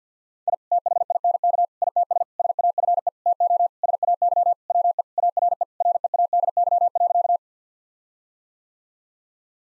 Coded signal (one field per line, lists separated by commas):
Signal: Morse code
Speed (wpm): 50 wpm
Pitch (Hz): 700 Hz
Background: none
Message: I THINK ITS SAFE TO SAY WE ARE READY.